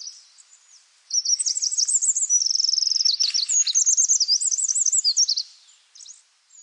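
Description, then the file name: Eurasian wren singing a long, explosive high-pitched phrase of rapid trills, rattles and ringing notes, running about four seconds without pause. "Troglodytes troglodytes"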